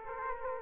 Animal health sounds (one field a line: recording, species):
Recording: mosquito wingbeat signal from an infrared sensor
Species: Aedes aegypti